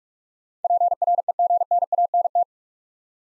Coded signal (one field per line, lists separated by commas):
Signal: Morse code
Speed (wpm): 44 wpm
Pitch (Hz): 700 Hz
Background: none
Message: PREGNANT